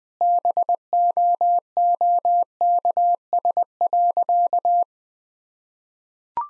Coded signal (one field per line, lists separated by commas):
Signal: Morse code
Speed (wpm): 21 wpm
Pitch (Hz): 700 Hz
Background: none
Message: BOOKS.